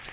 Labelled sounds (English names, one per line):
Magnolia Warbler flight call